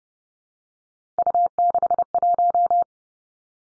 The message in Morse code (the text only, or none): U61